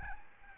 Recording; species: mosquito wingbeat signal from an infrared sensor; Aedes albopictus